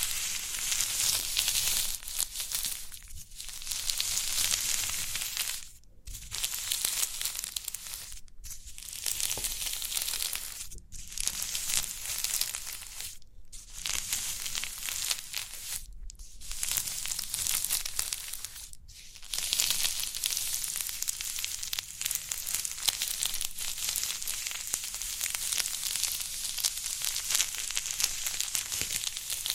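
Crinkly pimple popping: a dense, steady hiss of crackling and crinkling, bright and fizzy, runs the full length. Brief near-silent gaps break it about every two to three seconds between roughly 3 and 19 seconds, then the crackle continues unbroken to the end.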